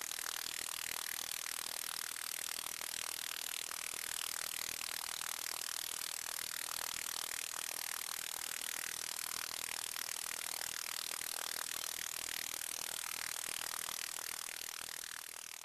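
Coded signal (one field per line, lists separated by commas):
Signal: radar signal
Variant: 29B6 Container OTH radar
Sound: steady rapid buzzing rasp, dozens of pulses per second, over broad hiss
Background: radio static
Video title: Russian 29B6 Container radar in ham 15 meter band, 21311 kHz, 04 November, 2024, 1500 UTC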